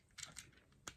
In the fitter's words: And just like that. And they'll snap right into place.